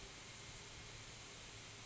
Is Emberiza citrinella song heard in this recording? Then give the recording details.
no. Background noise only